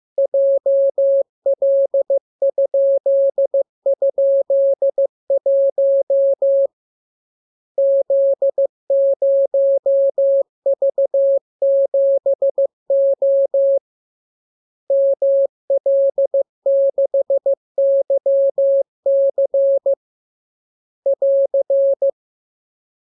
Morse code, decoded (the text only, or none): JL??1 Z0V7O ML6YC <AR>